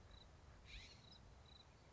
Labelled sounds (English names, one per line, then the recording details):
California Scrub-Jay
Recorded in Sonoma County, California